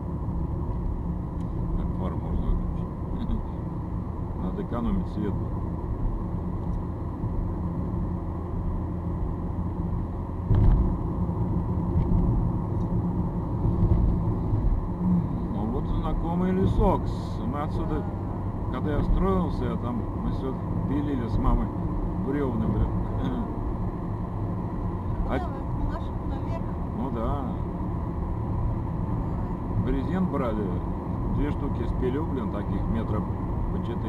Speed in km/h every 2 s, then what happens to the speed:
56, 58, 62, 65, 66, 67, 68, 70, 72, 75, 77, 78, 78, 79, 80, 80, 80.
0-20 speeds up to 77. 20-34 steady at about 79.